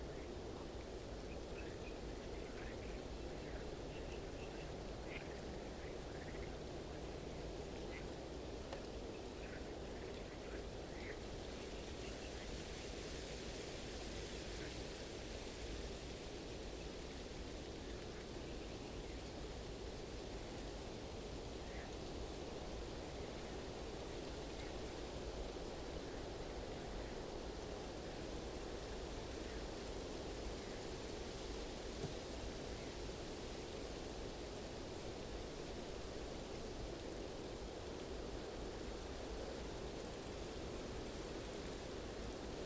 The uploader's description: The wind is blowing through the trees and an old owl hoots in a nearby tree.